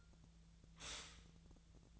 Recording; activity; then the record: daily activity, microphone in the room; stop toaster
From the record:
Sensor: 3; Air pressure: 1009.3 hPa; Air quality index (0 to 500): 198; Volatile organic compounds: 17 ppm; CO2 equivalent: 2563 ppm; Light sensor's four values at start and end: 32/79/34/36 and 32/80/34/36